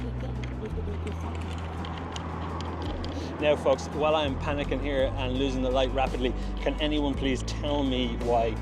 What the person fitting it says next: so I really don't understand why it doesn't lock into place I have to keep doing it